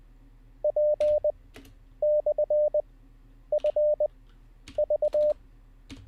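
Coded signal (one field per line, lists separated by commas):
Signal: Morse code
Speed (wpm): 20 wpm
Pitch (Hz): 600 Hz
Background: none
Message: P/FV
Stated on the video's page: Live Morse code learning practice session.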